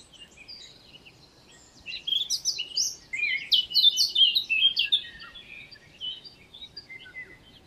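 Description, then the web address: Eurasian blackcap song: a short quiet spell, then a loud, rich warble of mixed notes, tailing off into softer scattered notes. "SETE data Sylvia atricapilla"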